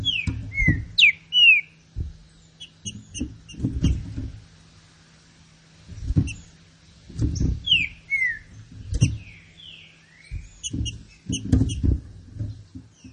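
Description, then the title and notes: Green-winged saltator whistling rich downslurred phrases early and again around the middle, with intermittent low bumps and thin ticks between. Classic song style (canto clássico), used for training birds. "Canto Clássico Trinca Ferro TREINAMENTO. trinca fero"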